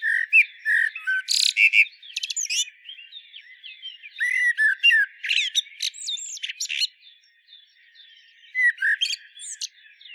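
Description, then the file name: Common blackbird singing a busy mix of mellow whistled notes and thin high squeaks and twitters, nearly continuous, with fainter chirps between phrases. "Turdus merula"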